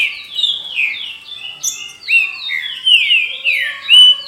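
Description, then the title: Green-winged saltator song: a steady series of sweet, slurred whistles that rise and fall, ending on a strong clear note. "Trinca Ferro"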